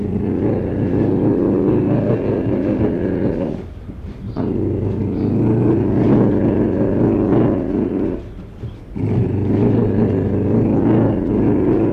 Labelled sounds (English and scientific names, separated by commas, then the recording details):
Ocelot (Leopardus pardalis)
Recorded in captivity
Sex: male
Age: adult
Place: Zoo Rostock, Mecklenburg-Vorpommern, DE
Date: 1977-11-25 12:25
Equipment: Uher CR 210, Sennheiser MD 421, Tesla-Verstärker, Kopie Uher Variocord
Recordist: Tembrock, Günter
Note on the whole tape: Männchen: Lautfolge: erst leises Maunzen, dann lauter werdend, Dehnungslaute, 2 oder 3 x mit rhythmischer Lautform (dem Prusten homolog?), dann in Knurren übergehend (läuft am Gitter hin und her). Abstand: 0,5-1 m